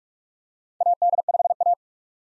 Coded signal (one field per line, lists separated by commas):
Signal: Morse code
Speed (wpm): 47 wpm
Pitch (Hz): 700 Hz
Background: none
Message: AD5A